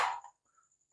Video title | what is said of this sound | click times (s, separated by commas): Soap dispenser installed by a blind person. | ഇപ്പോൾ അത് lock വീണിട്ടുണ്ട്. | 0.2 s